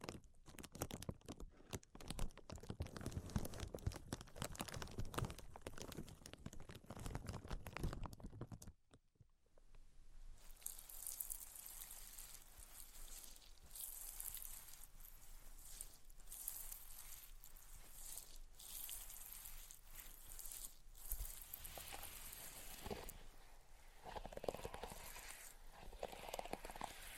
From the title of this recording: Tapping, Scratching, and Tracing Sounds